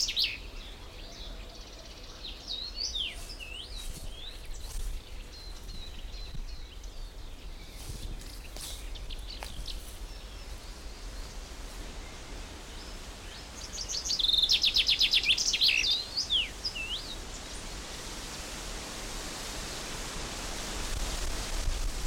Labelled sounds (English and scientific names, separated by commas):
Common Chaffinch (Fringilla coelebs)